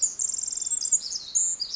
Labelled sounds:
Pacific Wren
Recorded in Sonoma County, California

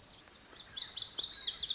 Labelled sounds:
Lazuli Bunting
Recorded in Sonoma County, California

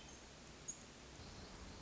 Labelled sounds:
Hermit Thrush
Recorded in Sonoma County, California

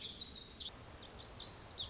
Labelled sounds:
Lazuli Bunting
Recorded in Sonoma County, California

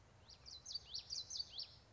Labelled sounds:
Common Yellowthroat
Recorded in Sonoma County, California

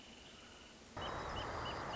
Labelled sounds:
Wrentit
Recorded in Sonoma County, California

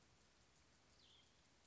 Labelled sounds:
Cassin's Vireo
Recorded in Sonoma County, California

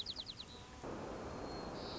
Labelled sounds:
White-crowned Sparrow
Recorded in Sonoma County, California

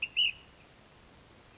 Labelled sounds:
Ash-throated Flycatcher
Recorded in Sonoma County, California

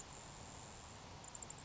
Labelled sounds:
Grasshopper Sparrow
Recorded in Sonoma County, California

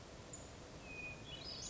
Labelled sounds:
Western Flycatcher
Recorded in Sonoma County, California

